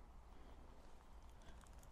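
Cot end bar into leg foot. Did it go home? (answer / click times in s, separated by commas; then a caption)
no / none. The end bar of a Helinox Cot Max camping cot is set into the bottom of the foot cutout on the cot leg and lined up before being pushed home. Over a steady low rumble, a few faint light taps sound near 1.6 s and 1.8 s. Nothing has clicked or seated yet.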